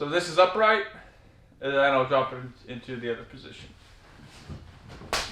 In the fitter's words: and it snaps into place which is nice